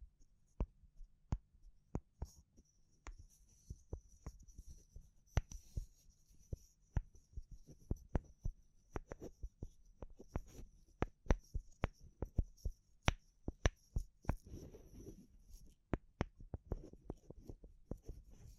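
Sharp dry taps and clicks on wood, bamboo and straw, arriving irregularly every half second or so and crowding closer together from around ten seconds on. Soft rustling swells near fifteen and seventeen seconds, over a faint low hum and a thin steady high whine.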